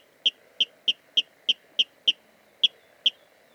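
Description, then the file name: Water rail giving sharp, clipped kip notes, about three per second in a fairly steady series with one brief gap near the end; quiet background. Recorded at Dviete. "life dviete. rallus aquaticus"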